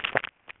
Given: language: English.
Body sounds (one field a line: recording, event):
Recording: throat vibration sensor signal played as sound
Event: swallow